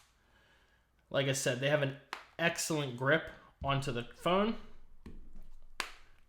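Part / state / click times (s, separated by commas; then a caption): phone case corner onto smartphone / seated / 5.8 s. A Caudabe Synthesis case for the iPhone 15 Pro Max has a rigid corner that was pried off and is now pressed back onto the phone. Someone talks, then a sharp click sounds at 5.8 s. The corner seats and grips the phone firmly.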